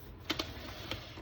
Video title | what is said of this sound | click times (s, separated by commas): 4 Top High Protein Ice Cream recipes with the Ninja Creami | just go ahead and pull it up until it clicks. | 0.3 s